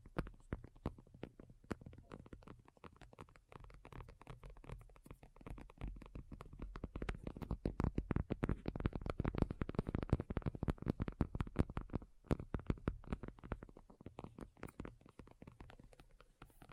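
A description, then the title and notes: Rapid tapping runs throughout, dense and uneven, with quick clusters of sharp clicks layered over a soft low thumping. The taps grow fuller and busier around the middle, then thin slightly near the end, with a brief lull just after twelve seconds. ASMR Addictive Tapping. (No Talking).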